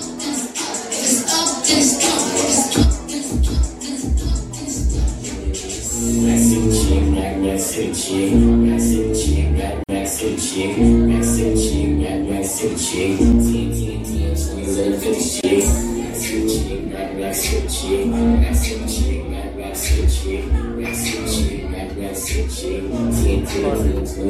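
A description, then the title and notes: Lively sounds inside Central 111: steady chatter over continuous music with a stepping, thumping bass line, plus frequent sharp clicks and clatter throughout. Central 111 Virginia Beach Party Cam. The lively sounds from within Central 111.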